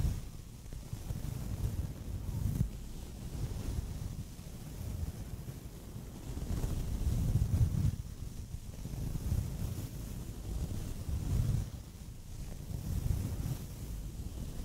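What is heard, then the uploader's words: Soft mic brushing, a low rumbling rustle that swells and eases in slow waves roughly every few seconds. The sound stays mostly in the low range with a faint airy hiss above, and a small tap near the two-and-a-half-second mark. ASMR soft Mic Brushing. Trying new brushes.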